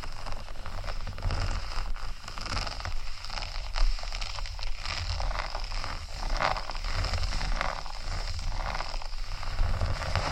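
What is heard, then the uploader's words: Faux leather being scratched, a dense, continuous scraping and crackling that stays fairly steady for the whole ten seconds. Bright, gritty strokes come in quick irregular bursts, with slightly sharper scratches around two, four and six seconds over a low, rumbling hum beneath. ASMR Faux Leather Scratching（No Talking）.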